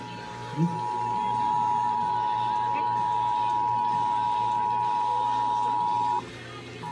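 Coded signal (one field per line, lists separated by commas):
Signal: Emergency Alert System (SAME) tones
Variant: 853 and 960 Hz attention tone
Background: speech, music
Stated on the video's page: Los Angeles Required Monthly Test on the Emergency Alert System.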